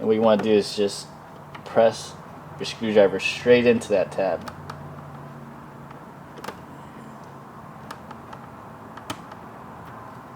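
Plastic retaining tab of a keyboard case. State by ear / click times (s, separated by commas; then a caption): not seated / none. A screwdriver is pressed straight into the plastic retaining tab of a WASD V1 keyboard case to release the back shell while someone talks. After the talk come a few faint, sharp ticks and taps, but the tab does not pop open and nothing has seated or clicked yet.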